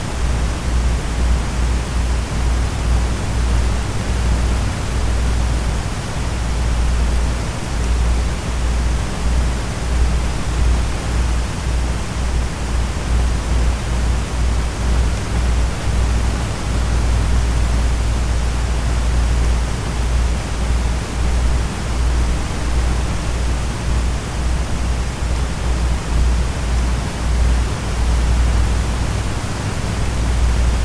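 A steady, dense hiss of white noise fills the whole range from deep to bright without letting up. Underneath sits a low, constant hum with a faint flutter, like a desk fan's motor and airflow blending into the wash.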